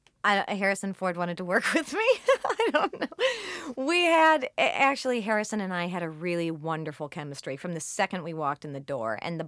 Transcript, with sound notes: Harrison Ford wanted to work with me? (Laughter) I don't know. We had - actually, Harrison and I had a really wonderful chemistry from the second we walked in the door.